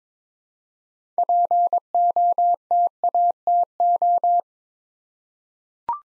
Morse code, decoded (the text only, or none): POTATO